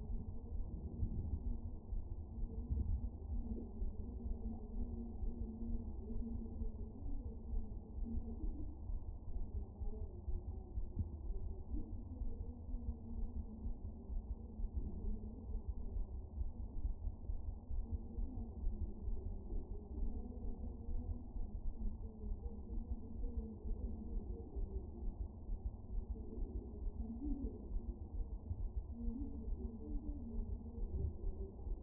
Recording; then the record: fetal heart sounds by stethoscope on the mother's abdomen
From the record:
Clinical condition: moderate anaemia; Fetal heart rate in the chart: 135 bpm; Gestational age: 39 weeks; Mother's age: 23 years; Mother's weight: 54 kg